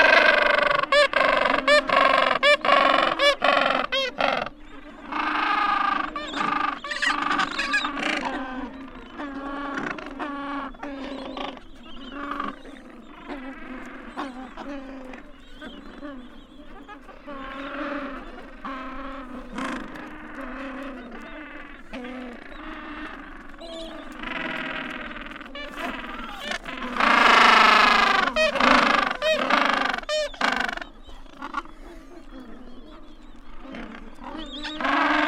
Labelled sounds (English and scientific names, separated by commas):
Gentoo Penguin (Pygoscelis papua) call